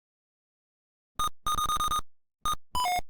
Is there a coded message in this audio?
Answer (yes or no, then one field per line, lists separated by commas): no